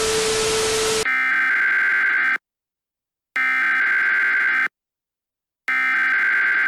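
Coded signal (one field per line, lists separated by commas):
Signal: Emergency Alert System (SAME) tones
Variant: header bursts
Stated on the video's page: Fictional EAS scenario, analog horror.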